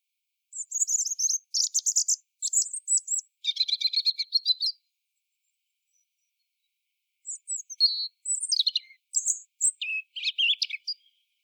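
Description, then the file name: European robin song in two bursts: high, jumbled twittering phrases with fast buzzy trills and sharp pitch changes, separated by a pause of about two and a half seconds. "Erithacus rubecula"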